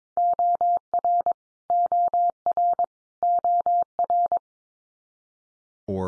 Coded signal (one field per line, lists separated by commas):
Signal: Morse code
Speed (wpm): 22 wpm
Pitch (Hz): 700 Hz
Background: none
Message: OR OR OR